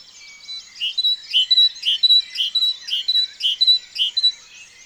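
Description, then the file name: Great tit repeating a see-sawing two-part phrase, a dipping note followed by a higher one, roughly every half second, over soft background twittering. "Parus major"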